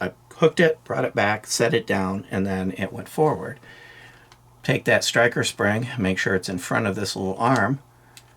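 During toolless reassembly of a Walther CCP M2 .380 pistol, someone talks while handling the striker spring and small striker arm for the slide, placing the spring in front of the arm. Faint brief ticks occur at about 4.3 s and 8.2 s. Nothing has clicked or seated yet.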